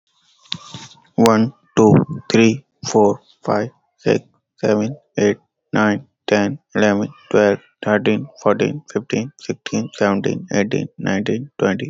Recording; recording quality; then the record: counting at a normal pace; excellent, no background noise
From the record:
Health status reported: healthy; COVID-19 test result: not tested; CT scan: not taken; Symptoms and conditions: none ticked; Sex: male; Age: 21 years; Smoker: no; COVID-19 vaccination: both doses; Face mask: not worn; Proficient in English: yes